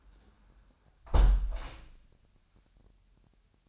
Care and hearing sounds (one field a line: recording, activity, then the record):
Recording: daily activity, microphone in the room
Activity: close window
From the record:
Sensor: 2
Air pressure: 998.4 hPa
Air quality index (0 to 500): 141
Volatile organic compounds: 4 ppm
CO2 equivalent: 1608 ppm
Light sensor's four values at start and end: 8/19/8/9 and 8/18/8/8